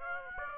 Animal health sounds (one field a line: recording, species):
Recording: mosquito wingbeat signal from an infrared sensor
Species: Aedes aegypti